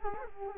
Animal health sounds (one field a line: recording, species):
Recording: mosquito wingbeat signal from an infrared sensor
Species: Culex quinquefasciatus